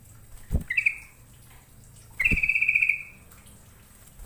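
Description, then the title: Bird song: two rattling trills, the second longer at nearly a second, each starting with a low thump. "Kicau Burung"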